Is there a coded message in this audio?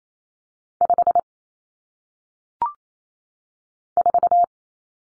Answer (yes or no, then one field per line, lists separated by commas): yes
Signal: Morse code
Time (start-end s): 0.8-4.4 s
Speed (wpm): 28 wpm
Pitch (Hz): 700 Hz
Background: none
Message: 5 4